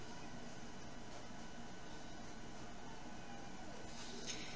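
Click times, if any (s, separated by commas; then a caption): none. A metal hinged ring on a journal cover is worked with pliers, its two ends being lined up before they snap closed. Only a steady, even background hum is heard, with no sharp sounds. The ring has not clicked shut yet.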